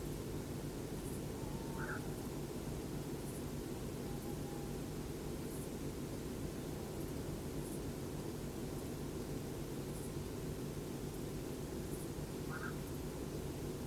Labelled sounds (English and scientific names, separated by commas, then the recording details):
Black-crowned Night-Heron (Nycticorax nycticorax)
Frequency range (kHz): Black-crowned Night-Heron (Nycticorax nycticorax) 1.1-2.0 kHz
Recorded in France